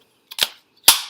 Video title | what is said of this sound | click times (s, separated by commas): Canadian Equipment Outfitters Arbortech Live Stream | slide it in the hole until it clicks that's it | 0.9 s